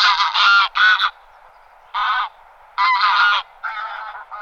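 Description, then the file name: Greylag goose giving loud, drawn-out nasal honks in separate bursts, with short quiet gaps between them. "husa-velká"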